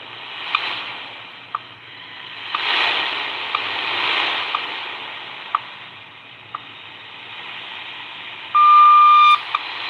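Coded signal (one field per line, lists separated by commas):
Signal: radio time signal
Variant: WWVH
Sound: short clicks every second through shortwave hiss, then a long high beep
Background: radio static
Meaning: The long 1200 Hz tone marks the start of a new minute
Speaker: the atomic clock out of Hawaii 6 hours 30 minutes coordinated universal time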